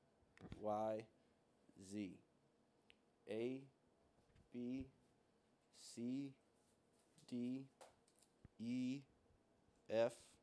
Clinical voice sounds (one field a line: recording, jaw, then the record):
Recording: letters of the alphabet, spoken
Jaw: free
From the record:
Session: seven days later